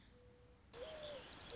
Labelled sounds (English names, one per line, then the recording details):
Mourning Dove
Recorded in Sonoma County, California